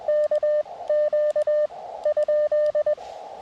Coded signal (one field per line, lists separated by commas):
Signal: Morse code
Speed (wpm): 20 wpm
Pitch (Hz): 600 Hz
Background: none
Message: KQ ?